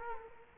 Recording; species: mosquito wingbeat signal from an infrared sensor; Culex quinquefasciatus